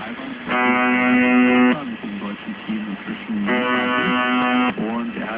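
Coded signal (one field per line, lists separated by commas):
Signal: channel marker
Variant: UVB-76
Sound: two harsh, low, rasping buzzes of about a second each, separated by noisy static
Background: radio static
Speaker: coloquialmente a la emisión se le dio el nombre de The buer pues durante 23 horas y 50 minutos todos los días Solo parando 10 minutos se escucha un zumbido intermitente es el siguiente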